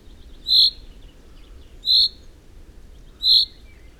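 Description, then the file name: Common chaffinch: three bright, emphatic calls, evenly spaced, against a quiet, slightly hissy backdrop. "Fringilla coelebs"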